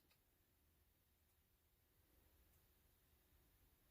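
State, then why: Not seated. A removable electronics chassis is being handled and pushed toward a lightsaber hilt, with only faint low handling noise over a quiet background and a brief faint tick near the start. Nothing has seated or clicked yet; the chassis is not yet locked into the hilt.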